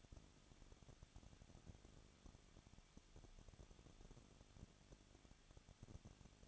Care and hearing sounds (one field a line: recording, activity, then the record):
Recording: daily activity, microphone in the room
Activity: no activity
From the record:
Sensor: 4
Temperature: 23.0 degrees Celsius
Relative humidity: 34.4%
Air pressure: 1007.3 hPa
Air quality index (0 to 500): 216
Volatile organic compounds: 15 ppm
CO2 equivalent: 2508 ppm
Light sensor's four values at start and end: 2/3/1/1 and 2/3/1/1